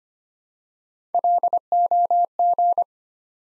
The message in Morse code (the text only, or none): LOG